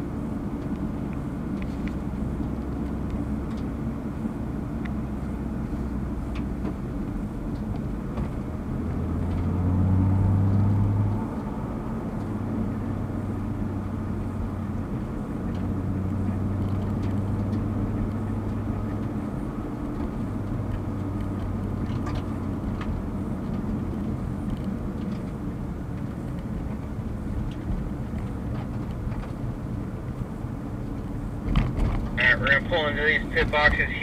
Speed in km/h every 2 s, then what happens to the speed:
35, 40, 35, 35, 44, 45, 42, 44, 45, 44, 40, 35, 31, 29, 31, 34, 32.
0-6 steady at about 35. 6-9 speeds up to 45. 9-17 steady at about 44. 17-24 slows to 31. 24-34 steady at about 31.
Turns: none.